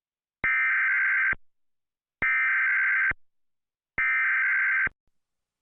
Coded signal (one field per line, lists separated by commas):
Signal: Emergency Alert System (SAME) tones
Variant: header bursts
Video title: EAS - Not Lovin' It